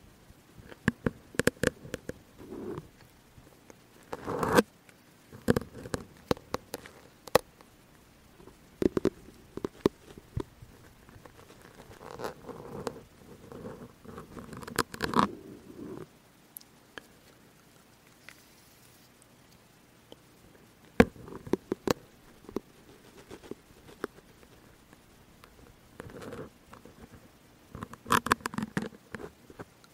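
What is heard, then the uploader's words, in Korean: Syringe sounds: short dry clicks, taps and brief scraping squeaks come in irregular clusters with quiet gaps between them. A few sharper snaps stand out, near 5 and 21 seconds, over a faint low hum. 주사기 소리 열심히 담아봤어요.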